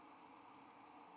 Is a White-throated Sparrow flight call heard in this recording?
no